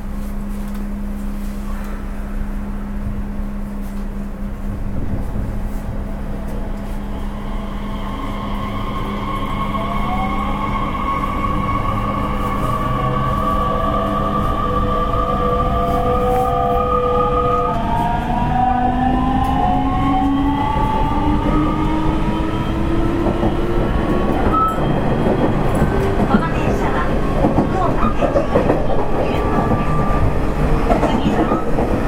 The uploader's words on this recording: 西鉄3000系 急行 久留米から二日市まで. 西日本鉄道 3000系電車の走行音です。 大牟田線の急行列車で録音しました。 Running noise of Nishitetsu 3000 series train.